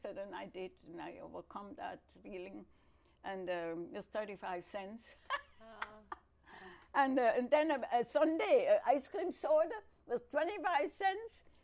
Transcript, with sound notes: And I did and I overcome that feeling. And it was thirty five cents. [laughs] And then a sundae, a ice cream soda was twenty five cents.